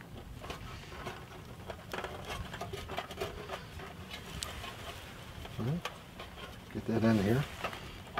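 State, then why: Not seated. A burner is handled and fitted into a Firebox Scout folding camp stove, with light metallic taps and rustling scrapes as it is worked into position while someone talks. The clip ends before the burner goes home; nothing has seated or locked into place yet.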